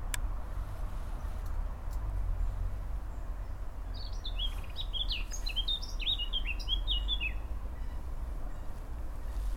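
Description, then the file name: Eurasian blackcap song: a rich, fast warble of varied chirps and slurred notes running about three seconds, with low background hum throughout. "Sylvia atricapilla"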